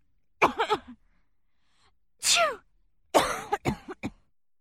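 A woman's voiced cough bursts come first, then a single breathy, sneeze-like expulsion, then a quick run of four or five short coughs, all in a quiet room. These are ordinary coughs and a sneeze from an adult female, a sound effect.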